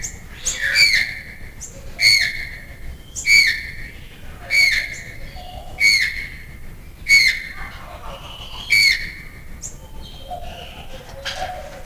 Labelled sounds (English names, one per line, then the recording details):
Channel-billed Toucan call
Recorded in captivity
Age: adult
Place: Zoo Berlin, Berlin, DE
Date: 2002-01-03 10:04
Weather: sonnig, -6°C
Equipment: Marantz CP 130, Sennheiser MKH 416, Kopie Uher 4000 Report Monitor
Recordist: Tembrock, Günter
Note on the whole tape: Rufreihe